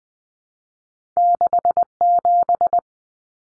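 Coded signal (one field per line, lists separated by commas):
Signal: Morse code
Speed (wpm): 20 wpm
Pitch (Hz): 700 Hz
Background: none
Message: 67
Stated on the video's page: Head-copy drill of two-digit numbers sent in Morse at 20 wpm, each sent, spoken, then sent again.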